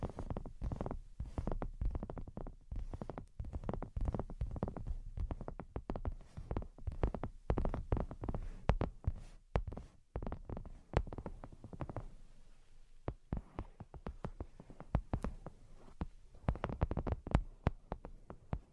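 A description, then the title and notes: Rapid, irregular tapping in dense clusters of sharp clicks over a low thudding undertone, thinning briefly near thirteen seconds before resuming busily. Brain Penetrating 3D Tapping.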